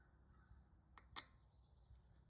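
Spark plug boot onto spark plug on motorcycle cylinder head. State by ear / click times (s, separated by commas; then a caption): seated / 1.0 s, 1.2 s. A rubber spark plug boot is pushed down onto the spark plug terminal on the cylinder head of a 2023 Honda XR150L motorcycle. It gives two short clicks at 1.0 s and 1.2 s over a low background hum. The boot snaps on and is seated with a good tight connection.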